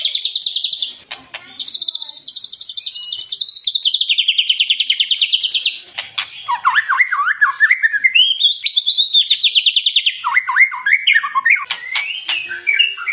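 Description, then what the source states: White-rumped shama song, rapid trilled phrases alternating with varied whistled notes, continuous and varied. Lure recording used to make the bird sing in response.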